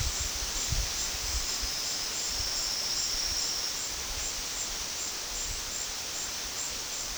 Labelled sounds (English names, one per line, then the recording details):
none
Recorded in secondary vegetation near Puerto Asís, Putumayo, Colombia, on 21 February 2024 at 14:00
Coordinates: 0.472, -76.331
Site G6371